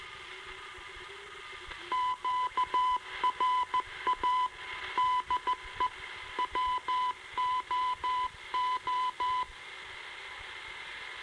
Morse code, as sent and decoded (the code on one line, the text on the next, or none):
--.- .-. .- / -.. . / .-- --- ---
QRA DE WOO